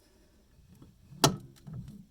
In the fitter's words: it just snaps back into place it's really easy now